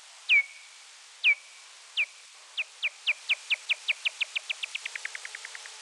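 Pipistrelle bat echolocation pulses, downward-sweeping chirps that start widely spaced, then come faster and faster into a rapid, fading run of short clicks.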